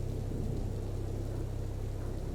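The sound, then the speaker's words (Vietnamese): A steady, dense roar of heavy rain pours down without pause, full and even in loudness, with a deep low rumble running underneath and no voices. “Nhanh lên mày, tranh thủ trời đang mưa lớn, không có ai ra đây giờ này đâu.”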